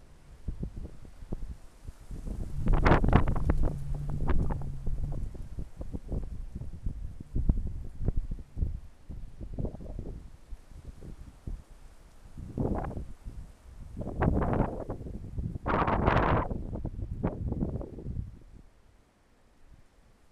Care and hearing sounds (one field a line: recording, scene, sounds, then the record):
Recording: everyday scene through a hearing-aid microphone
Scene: wind on the microphone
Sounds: wind, traffic, birds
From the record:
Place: suburban garden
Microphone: behind the ear, left, rear